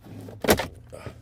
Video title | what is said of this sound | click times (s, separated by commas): ALL Trailer Brake Controller OEM Upgrade Options for Ford Trucks - Infotainment.com | you can even stick your fingers underneath where the carpet is and you're just going to be snapping the little retaining Clips off | 0.5 s